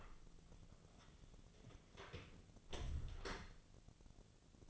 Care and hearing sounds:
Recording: daily activity, microphone in the room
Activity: close door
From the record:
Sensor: 4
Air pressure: 1001.2 hPa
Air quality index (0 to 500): 184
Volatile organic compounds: 3 ppm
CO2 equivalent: 1316 ppm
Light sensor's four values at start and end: 15/35/14/15 and 17/40/16/17

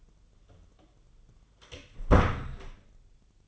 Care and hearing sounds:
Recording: daily activity, microphone in the room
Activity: close door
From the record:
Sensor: 4

